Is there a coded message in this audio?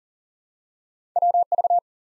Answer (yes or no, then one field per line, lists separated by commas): yes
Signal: Morse code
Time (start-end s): 1.2-1.8 s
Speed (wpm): 39 wpm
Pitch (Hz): 700 Hz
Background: none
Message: WV